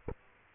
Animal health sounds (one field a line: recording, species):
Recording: mosquito wingbeat signal from an infrared sensor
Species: Aedes aegypti